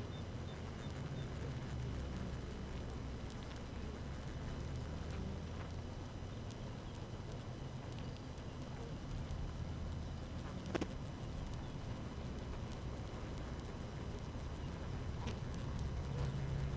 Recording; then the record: honeybee colony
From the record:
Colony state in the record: active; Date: 12 June 2018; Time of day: 6:17